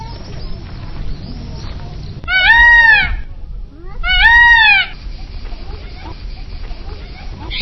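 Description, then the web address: Peafowl giving two loud, wailing calls, each an arched, nasal cry under a second long, over background noise. "sons paon"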